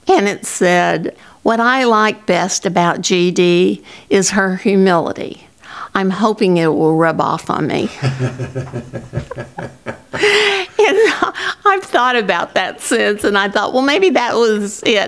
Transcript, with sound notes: And it said, "What I like best about GD is her humility. I'm hoping it will rub off on me." (Chuckling) And I've thought about that since and I thought, well, maybe that was it.